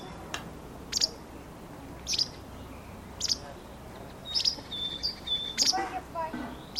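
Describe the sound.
Bird calls: short bright chirps about once a second, joined near the end by thin whistled notes and a busier burst of calling.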